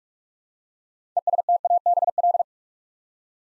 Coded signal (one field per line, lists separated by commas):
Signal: Morse code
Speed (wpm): 44 wpm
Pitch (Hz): 700 Hz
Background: none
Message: ESTABL